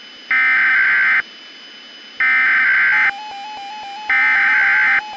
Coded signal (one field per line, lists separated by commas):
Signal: Emergency Alert System (SAME) tones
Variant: header bursts